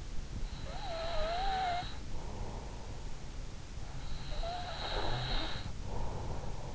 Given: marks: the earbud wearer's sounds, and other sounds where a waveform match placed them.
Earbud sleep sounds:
sounds in sleep by an in-ear microphone; breath
0.47-2.41 s: breath
3.96-6.75 s: breath

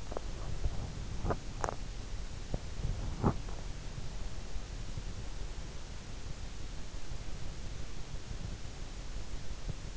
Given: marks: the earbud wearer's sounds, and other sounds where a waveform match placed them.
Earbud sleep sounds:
sounds in sleep by an in-ear microphone; teeth grinding, body movement
0.00-2.71 s: teeth grinding
3.07-3.79 s: body movement

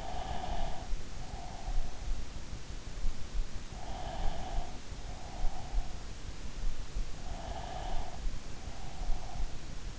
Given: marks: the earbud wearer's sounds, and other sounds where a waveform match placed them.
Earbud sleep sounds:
sounds in sleep by an in-ear microphone; breath
0.00-2.25 s: breath
3.69-6.21 s: breath
7.38-9.97 s: breath

